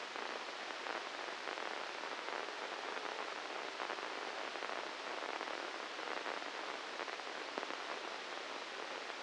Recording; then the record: brain microelectrode recording played as sound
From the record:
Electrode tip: inside the subthalamic nucleus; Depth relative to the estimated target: -3 mm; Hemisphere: left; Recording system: NeuroSet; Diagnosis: Parkinson's disease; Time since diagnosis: 10 years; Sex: male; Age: 56 years